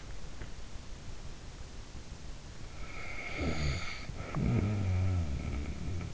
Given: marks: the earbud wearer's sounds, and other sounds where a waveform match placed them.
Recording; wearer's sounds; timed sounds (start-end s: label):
sounds in sleep by an in-ear microphone; snoring breath
2.46-6.14 s: snoring breath